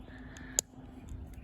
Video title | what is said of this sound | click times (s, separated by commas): Transformers Tuesday! Soundwave…CHROMED! Galaxy Version Wave 3 Blokees [2nd of 9] | I guess it clicked in it didn't feel like it clicked all the way in | 0.6 s